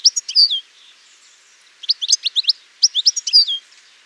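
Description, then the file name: European goldfinch twittering: a brief liquid phrase, a second of quiet, then two quick bursts of high, chattering notes. "Carduelis carduelis"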